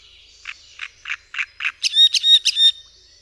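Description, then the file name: Great reed warbler song: five gruff, croaking notes in a steady series, followed by louder, higher, squeaky whistled notes repeated in a quick run. "Trzciniak"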